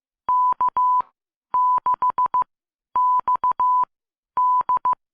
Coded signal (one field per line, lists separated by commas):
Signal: Morse code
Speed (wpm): 16 wpm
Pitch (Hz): 1000 Hz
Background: none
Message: K6XD